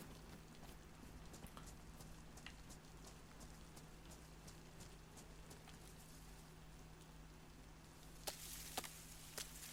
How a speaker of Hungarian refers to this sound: Megint elkezdett esni az eső.